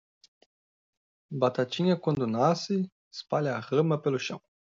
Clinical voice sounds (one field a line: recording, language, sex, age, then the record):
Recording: short text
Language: Brazilian Portuguese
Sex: male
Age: 20 to 29 years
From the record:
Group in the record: control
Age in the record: 28 years